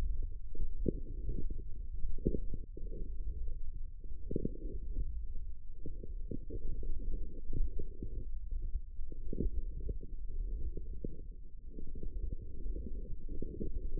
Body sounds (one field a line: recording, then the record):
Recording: forearm muscle sounds (acoustic myography)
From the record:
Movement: forearm pronation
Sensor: system 1, eight BSWA MPA416 microphones around the upper forearm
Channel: 6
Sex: male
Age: 18 years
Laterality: right